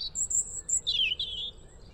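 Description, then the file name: European robin song fragment: a thin, very high sustained note followed by a quick sliding, twittering phrase, all brief and clear above faint hum. "Erithacus rubecula"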